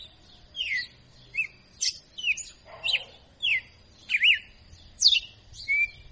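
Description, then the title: Red-cowled cardinal giving quick, clear whistled phrases, slurring down and twisting up, in a lively series, with a brief lower buzzy burst midway. Female; called a 'professor' (tutor) bird, singing in the 'açoitando' style. "Canto Galo Campina Fêmea 02. Galo de Campina Professor Açoitando"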